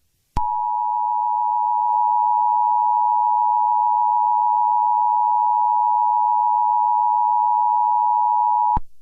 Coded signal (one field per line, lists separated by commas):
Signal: Emergency Alert System (SAME) tones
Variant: 853 and 960 Hz attention tone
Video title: EAS Comedy: Extremely Violent Karen Alert